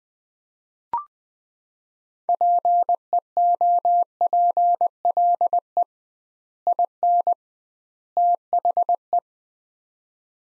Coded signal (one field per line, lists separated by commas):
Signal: Morse code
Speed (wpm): 20 wpm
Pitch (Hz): 700 Hz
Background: none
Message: PEOPLE IN THE